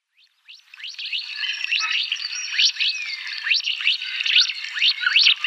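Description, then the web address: Mandarin duck giving thin rising whistles that start softly and build into a busy overlapping series of upward-sweeping notes. Male. "Schulze Peter Mandarin Duck"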